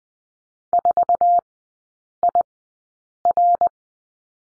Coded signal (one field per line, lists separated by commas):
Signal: Morse code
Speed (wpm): 20 wpm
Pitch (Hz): 700 Hz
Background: none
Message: 4IR